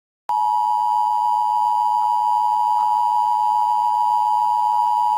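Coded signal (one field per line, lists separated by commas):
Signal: Emergency Alert System (SAME) tones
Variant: 853 and 960 Hz attention tone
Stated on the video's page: Fictional zombie apocalypse EAS alert made for a game setting.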